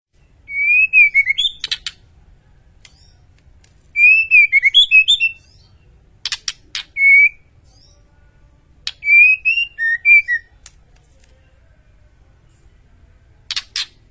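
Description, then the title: White-rumped shama song in short whistled phrases with quick rising and falling notes, mixed with sharp dry clicks, repeated every few seconds. Caged white-rumped shama song used as a masteran training track for cage birds; full rolling song with shooting phrases. "Masteran Murai Batu Full Ngerol Nembak"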